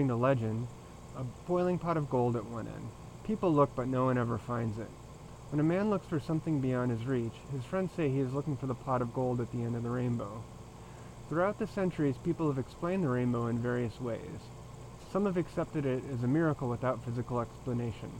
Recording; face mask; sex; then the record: reading aloud; surgical mask; male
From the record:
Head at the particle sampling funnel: turned sideways, cheek in front of it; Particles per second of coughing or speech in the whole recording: 1.43